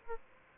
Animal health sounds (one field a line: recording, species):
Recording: mosquito wingbeat signal from an infrared sensor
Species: Aedes albopictus